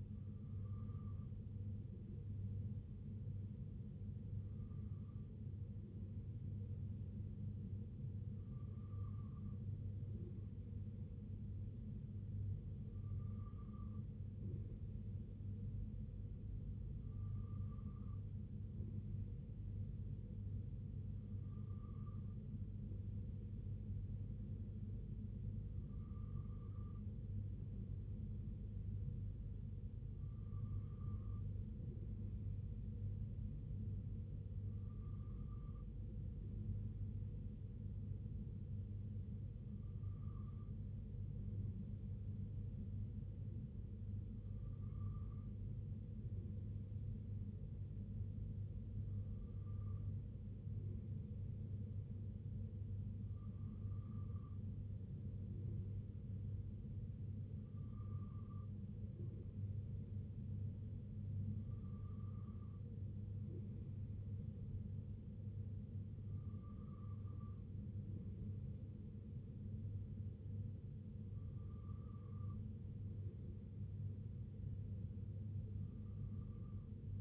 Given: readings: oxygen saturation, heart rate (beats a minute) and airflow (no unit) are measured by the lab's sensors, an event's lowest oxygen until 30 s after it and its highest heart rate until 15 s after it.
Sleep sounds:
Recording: breathing in sleep by a smartphone at the bedside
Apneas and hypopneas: none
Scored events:
20.00-77.21 s: new sleep stage, N2 (light sleep)
From the record:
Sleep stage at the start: N3 (deep sleep)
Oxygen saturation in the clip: 94 to 95%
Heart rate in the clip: 62 to 68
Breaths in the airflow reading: 18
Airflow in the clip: -2.8 to 2.1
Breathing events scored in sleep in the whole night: 258 in 7.4 hours asleep

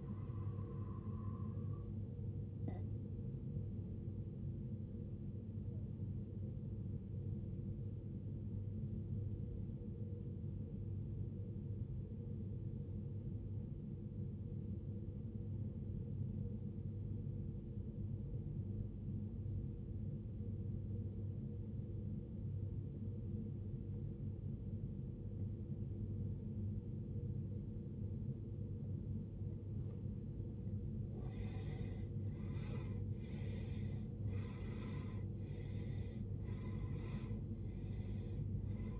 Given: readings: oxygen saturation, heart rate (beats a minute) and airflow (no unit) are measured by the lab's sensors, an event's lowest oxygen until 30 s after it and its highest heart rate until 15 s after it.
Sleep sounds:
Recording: breathing in sleep by a smartphone at the bedside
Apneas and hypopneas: 1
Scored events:
13.00-34.10 s: obstructive apnea (N1, oxygen 95% highest, then 78% lowest, heart rate 60 at the start, 76 highest)
17.00-39.00 s: new sleep stage, N2 (light sleep)
From the record:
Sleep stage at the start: N1 (lightest sleep)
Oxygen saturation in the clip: 83 to 95%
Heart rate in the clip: 52 to 76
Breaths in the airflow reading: 5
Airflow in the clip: -20.1 to 20.6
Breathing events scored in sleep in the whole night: 389 in 6.3 hours asleep

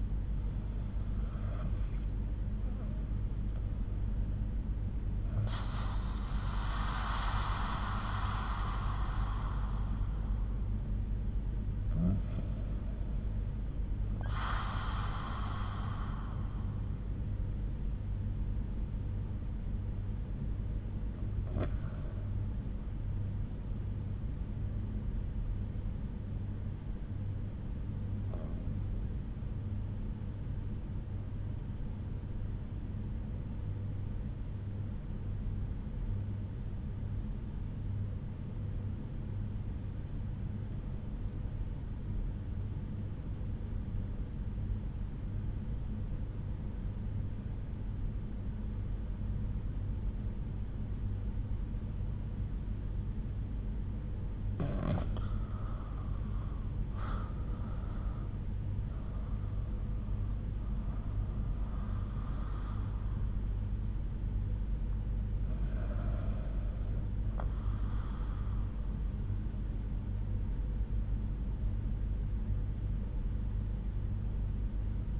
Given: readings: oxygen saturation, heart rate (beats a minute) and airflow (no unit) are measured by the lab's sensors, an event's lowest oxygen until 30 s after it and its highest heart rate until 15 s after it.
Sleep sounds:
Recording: breathing in sleep by a smartphone at the bedside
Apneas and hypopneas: 1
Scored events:
11.00-41.00 s: new sleep stage, N1 (lightest sleep)
26.00-54.70 s: obstructive apnea (N1, oxygen 96% highest, then 86% lowest)
41.00-75.20 s: new sleep stage, REM sleep
From the record:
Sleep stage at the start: REM sleep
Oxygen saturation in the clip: 87 to 96%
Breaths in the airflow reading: 6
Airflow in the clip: -10.3 to 7.8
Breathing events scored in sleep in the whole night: 368 in 8.0 hours asleep

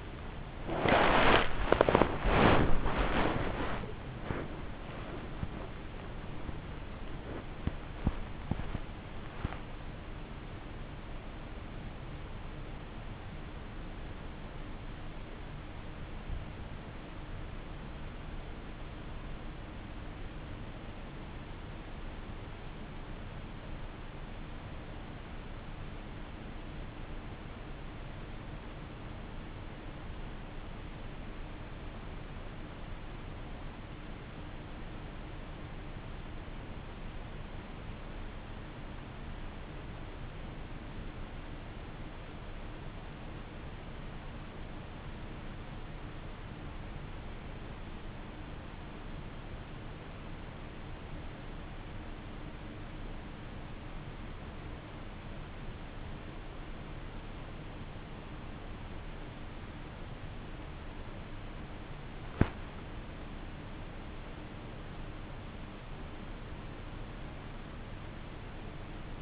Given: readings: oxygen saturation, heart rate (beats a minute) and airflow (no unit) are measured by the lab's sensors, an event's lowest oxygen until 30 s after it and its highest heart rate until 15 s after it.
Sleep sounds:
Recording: breathing in sleep by a voice recorder at the bedside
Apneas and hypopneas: 1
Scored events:
10.00-31.00 s: awake
12.00-56.30 s: hypopnea (scored as awake, oxygen 98% highest, then 94% lowest, heart rate 76 at the start, 85 highest)
26.00-56.00 s: new sleep stage, N1 (lightest sleep)
56.00-69.22 s: new sleep stage, N2 (light sleep)
From the record:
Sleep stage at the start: awake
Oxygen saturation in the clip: 95 to 98%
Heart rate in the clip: 51 to 85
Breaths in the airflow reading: 15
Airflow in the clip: -6.6 to 9.1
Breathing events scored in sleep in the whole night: 304 in 5.6 hours asleep

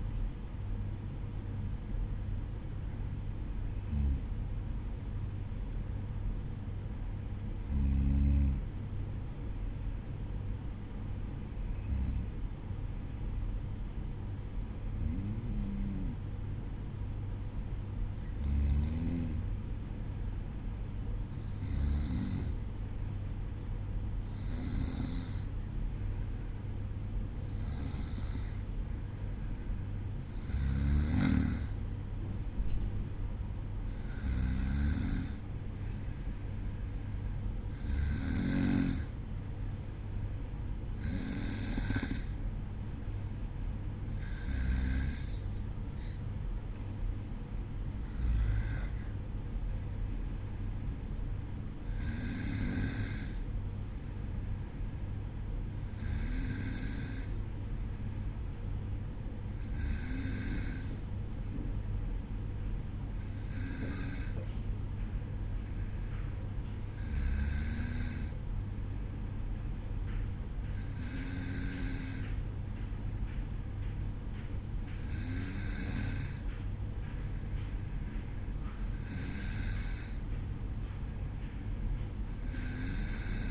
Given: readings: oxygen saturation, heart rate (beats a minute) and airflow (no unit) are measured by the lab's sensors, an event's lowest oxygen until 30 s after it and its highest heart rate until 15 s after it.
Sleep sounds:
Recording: breathing in sleep by a smartphone at the bedside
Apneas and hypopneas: none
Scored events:
18.00-83.51 s: new sleep stage, N2 (light sleep)
From the record:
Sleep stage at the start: N1 (lightest sleep)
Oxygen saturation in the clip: 94 to 95%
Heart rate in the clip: 51 to 57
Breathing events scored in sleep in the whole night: 305 in 9.6 hours asleep

